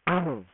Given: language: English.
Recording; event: throat vibration sensor signal played as sound; throat clearing